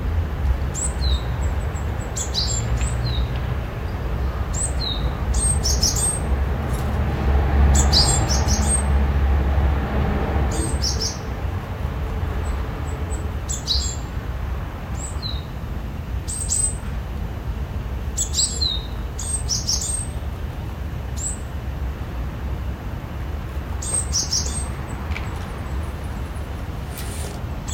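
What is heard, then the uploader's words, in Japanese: A pair of great tits chirps in the morning, high quick calls repeating every second or two over a steady low outdoor rumble. シジュウカラのつがい朝の囀り。さっき庭にやってきた二羽のシジュウカラ。住宅地なので人の営み環境ノイズもあります。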